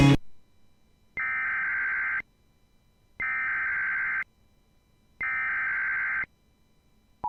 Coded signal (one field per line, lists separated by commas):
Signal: Emergency Alert System (SAME) tones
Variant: header bursts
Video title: My First Snow Squall Warning On WJON IP Radio [EAS #583]